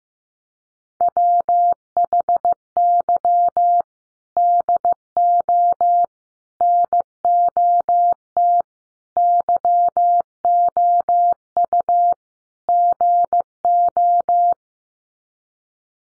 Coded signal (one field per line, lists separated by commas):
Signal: Morse code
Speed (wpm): 15 wpm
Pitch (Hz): 700 Hz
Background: none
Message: WHY DO NOT YOU GO